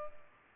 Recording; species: mosquito wingbeat signal from an infrared sensor; Culex pipiens